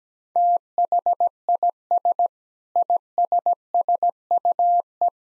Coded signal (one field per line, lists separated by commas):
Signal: Morse code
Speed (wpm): 17 wpm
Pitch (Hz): 700 Hz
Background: none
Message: THIS ISSUE